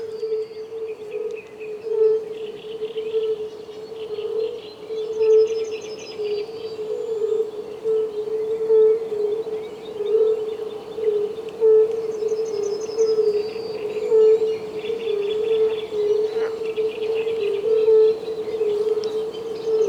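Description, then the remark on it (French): A chorus of fire-bellied toads forms a steady, mellow hooting drone with soft pulsing throughout, while faint bird chirps flicker in the higher range. No one speaks. “En fait, quand je suis parti, quand je suis revenu en ville, pendant 5 ou 7 jours, j'entendais, j'avais comme un acouphène amphibien, j'entendais le bourdonnement des sonneurs constamment comme ça dans mes oreilles.”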